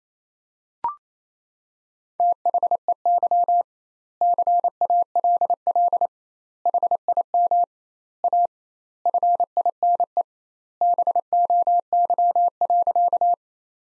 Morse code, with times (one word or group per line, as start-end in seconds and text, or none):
2.2-3.6 THEY
4.2-6.1 CALL
6.7-7.6 HIM
8.2-8.5 A
9.1-10.2 FINE
10.8-13.3 BOY.